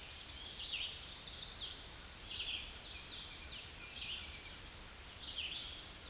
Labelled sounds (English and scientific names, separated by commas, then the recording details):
Red-eyed Vireo (Vireo olivaceus) song
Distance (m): 15 m
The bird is about 10 m above the microphone
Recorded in a Pennsylvania forest on 16 May 2024 at 07:15
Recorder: AudioMoth, point MSD-0079
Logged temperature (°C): 16.1 °C
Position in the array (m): 167 m, 71 m